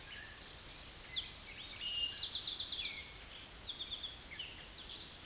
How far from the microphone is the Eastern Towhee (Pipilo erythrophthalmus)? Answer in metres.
about 15 m